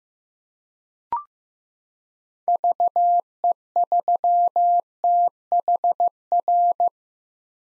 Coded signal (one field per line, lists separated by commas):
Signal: Morse code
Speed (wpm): 15 wpm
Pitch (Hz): 700 Hz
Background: none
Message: VE3THR